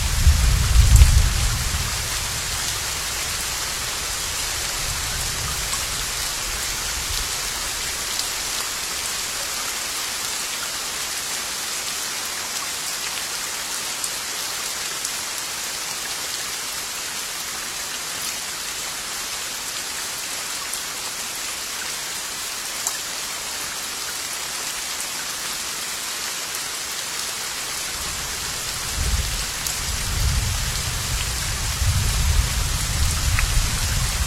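Light, steady drizzle hisses evenly throughout, with soft low rumbles swelling near the start and again around thirty seconds.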